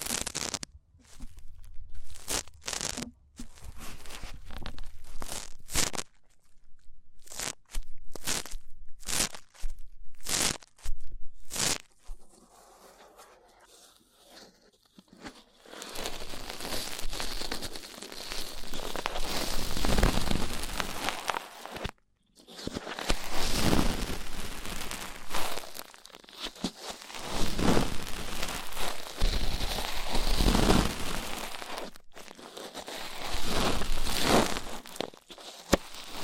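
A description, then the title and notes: Rough ear cleaning: for the first fifteen seconds, sharp scratchy crunches and crackles come in quick irregular bursts with short gaps. After that the rubbing turns into longer, denser rasping sweeps that swell and fade, broken by a brief silence around twenty-two seconds. ASMR Rough Ear Cleaning (No Talking).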